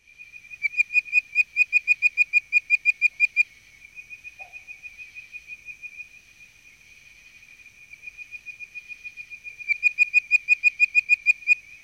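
Treefrog producing rapid trains of clicky pulsed notes, one burst at the start and another near the end, with a continuous high thin tone between them.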